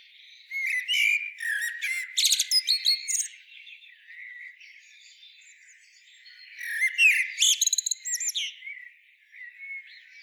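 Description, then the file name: Common blackbird song in two phrases: a rich, warbled opening broken by rapid, scratchy high notes, with a faint soft twitter in the pause between. "Turdus merula"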